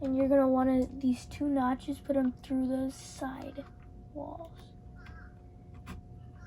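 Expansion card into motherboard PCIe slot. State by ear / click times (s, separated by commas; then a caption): not seated / none. An expansion card is lined up for a motherboard PCIe slot, its bracket notches guided through the case side openings and the card held over the slot, ready to be pushed home. Someone talks for the first three seconds, followed by faint scraping and light taps of handling. Nothing has seated or clicked yet.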